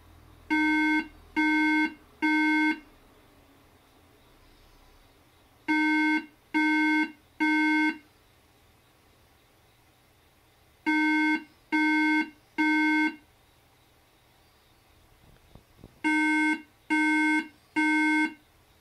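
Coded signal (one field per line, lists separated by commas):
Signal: beep code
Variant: Apple iMac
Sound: three buzzy beeps, pause, repeating four times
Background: quiet room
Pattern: 3 short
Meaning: Three repeating beeps on a Mac mean no good RAM was detected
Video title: Wash IMACA1311COREI5 with water to repair Macintosh junk! Mac beep sound 3 times repair YouTube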